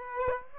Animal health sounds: mosquito wingbeat signal from an infrared sensor; Aedes aegypti

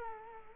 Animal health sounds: mosquito wingbeat signal from an infrared sensor; Culex quinquefasciatus

